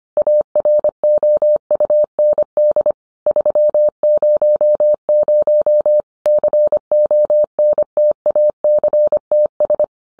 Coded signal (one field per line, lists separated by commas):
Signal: Morse code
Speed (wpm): 25 wpm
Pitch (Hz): 600 Hz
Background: none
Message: AROUND 300 CONTACTS